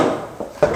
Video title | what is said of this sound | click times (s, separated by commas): 울산 동구 삼전 아이필 아파트 샷시 교체. KCC글라스 창호. 샷시교체. #울산아파트 #샤시교체 | 손잡이를 제기고 닫았을 때 잠기게 됩니다 | 0.6 s